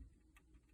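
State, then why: Not seated. An SD card is being handled and pushed toward the card slot of a 3D printer. There are quiet, faint handling sounds with one brief tick at about 0.4 s. The card has not yet clicked or seated in the slot.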